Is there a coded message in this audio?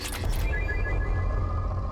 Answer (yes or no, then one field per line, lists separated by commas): no